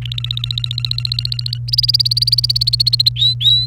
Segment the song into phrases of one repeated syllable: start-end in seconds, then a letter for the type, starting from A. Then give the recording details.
0.02-1.58 A, 1.68-3.09 B, 3.16-3.66 C. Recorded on 29 April 2018 at 16:45. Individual llb3